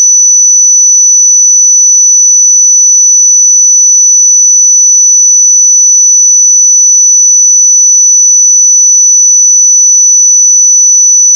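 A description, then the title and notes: A pure sine tone at 5967 Hz holds perfectly steady for the full eleven seconds. It is a single thin, bright whistle with constant loudness and no pulsing, breaks or other sounds around it. 5967 Hz 1 Hz Interval Sine Pure Tone Frequency 441000 Sample Mono.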